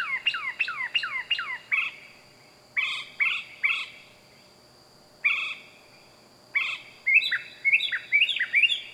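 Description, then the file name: Bird calling, quick downward-slurred whistled notes in rapid runs, then clipped, spaced-out notes and a final burst of rising chirps, with a steady high hum throughout. Loud bird heard at night in the wild. "Loud Night Bird Animals Wild"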